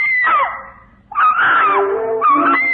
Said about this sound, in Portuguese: Ao grito de Miloca, acudiu logo toda a família.